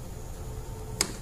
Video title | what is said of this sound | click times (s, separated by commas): TiLite TR Wheelchair Review | once you hear the clicking sound, nakalock na siya. | 1.0 s